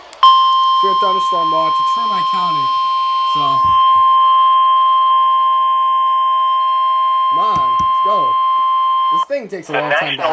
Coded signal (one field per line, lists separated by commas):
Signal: Emergency Alert System (SAME) tones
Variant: 1050 Hz attention tone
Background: speech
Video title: EAS #112 Severe Thunderstorm Watch #413 For My County